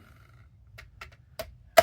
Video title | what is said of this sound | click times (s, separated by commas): Slotmaster Eject MKII Mount Assembly Guide | until it snaps in. Once it snaps in, I like to just | 1.8 s